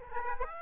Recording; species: mosquito wingbeat signal from an infrared sensor; Aedes aegypti